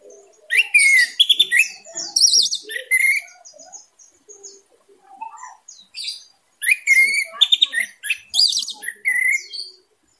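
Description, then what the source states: Orange-headed thrush delivering loud bursts of fast twitters and whistles, with quieter notes and pauses between the dense phrases. Singing style described as 'teler gacor dor', meaning intense, constant singing.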